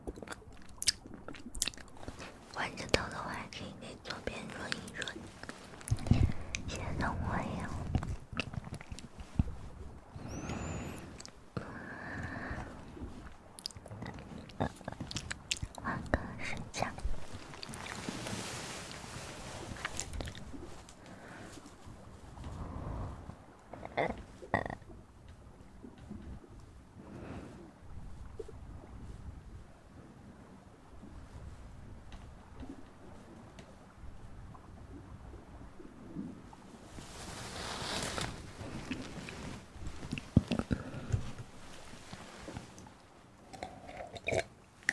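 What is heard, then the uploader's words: Close-up mouth sounds and breathing fill the recording: irregular clicks, smacks and wet chewing-like noises scattered densely throughout. Longer hissing breaths rise and fall around 18 seconds and again near 38 seconds, with a low rumble underneath. Mouth Sounds & Breathing.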